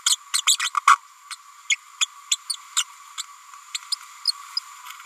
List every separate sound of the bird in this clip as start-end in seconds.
0.09-0.17, 0.33-0.41, 0.46-0.57, 0.59-0.70, 0.87-0.96, 1.30-1.36, 1.69-1.76, 2.00-2.06, 2.31-2.37, 2.49-2.55, 2.76-2.84, 3.74-3.78, 3.92-3.95, 4.25-4.32, 4.57-4.59